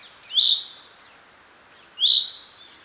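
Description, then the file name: Common chaffinch calls: two short, bright notes sweeping up then trailing off, about one and a half seconds apart, with a quiet background. "Fringilla coelebs"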